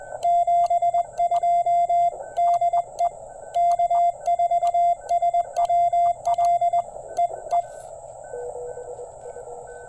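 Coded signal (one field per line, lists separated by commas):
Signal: Morse code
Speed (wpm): 20 wpm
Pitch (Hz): 690 Hz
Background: radio noise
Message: 72 DE K4SWL EE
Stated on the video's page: QRP CW Parks on the Air activation on Labor Day weekend working DX, using an Elecraft K1 and Begali Traveler key into a 49:1 EFHW antenna with 40m wire.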